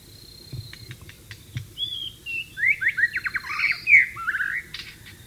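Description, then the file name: White-rumped shama song: a few soft clicks, then a bright flowing phrase of sweeping, slurred whistles. "suara burung murai batu di alam liar"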